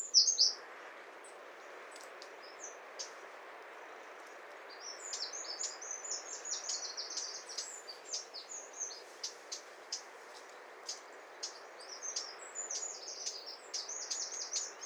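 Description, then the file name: Eurasian wren song: a loud high note at the start, then long stretches of quieter fast, high twittering trills and clicks over steady background hiss. "Troglodytes troglodytes"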